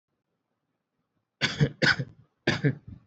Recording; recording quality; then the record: shallow voluntary cough; excellent, no background noise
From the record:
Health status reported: healthy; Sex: male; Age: 25 years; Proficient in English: yes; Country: India